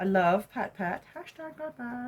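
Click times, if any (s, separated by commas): none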